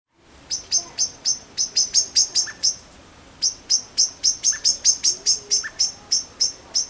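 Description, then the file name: Eurasian blackbird calling with a long run of sharp, high ticking notes, with one brief break. "Turdus merula"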